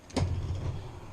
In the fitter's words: push it all the way out when you hear that click that means it's out its full extent